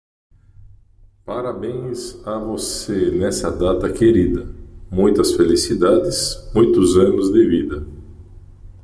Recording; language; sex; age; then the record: short text; Brazilian Portuguese; male; 50 to 59 years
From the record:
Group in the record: control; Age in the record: 55 years